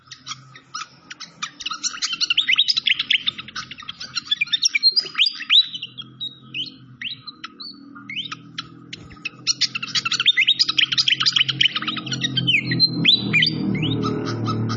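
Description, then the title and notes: Malaysian pied fantail song, long bouts of rapid chips and whistled slurs in two surges, over a low rushing water sound that grows louder toward the end. Masteran (training recording) of clear-voiced song, mixed with the sound of flowing water. "Masteran Sikatan Kipas Suara Jernih Dan Suara Gemericik Air. Suara Burung Sikatan Londo"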